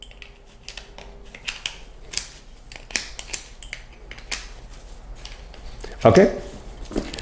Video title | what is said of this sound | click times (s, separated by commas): Permobil F5 VS Version 2 - Full Vertical Standing Power Chair - Camo - Review # 4567 | It doesn't click on. | none